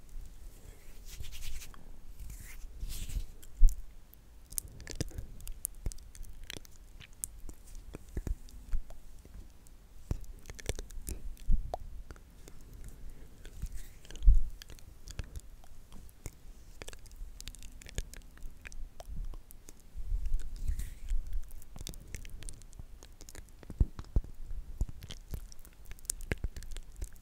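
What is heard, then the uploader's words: Intense mouth sounds: wet clicks, smacks and chewing-like noises come in quick, irregular bursts throughout, with a few sharper pops near 4 and 14 seconds. A low rumble swells underneath at times. ASMR INTENSE MOUTH SOUNDS.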